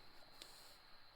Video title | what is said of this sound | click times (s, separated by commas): Absolutely fantastic 3Min Project A 1:18 scale action figure kit. Amazing figures, amazing value! | And you might use pliers just to clip it to make sure it clicks | 0.4 s